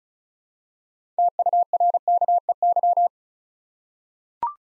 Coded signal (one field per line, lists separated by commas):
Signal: Morse code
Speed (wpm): 36 wpm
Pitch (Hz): 700 Hz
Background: none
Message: TURKEY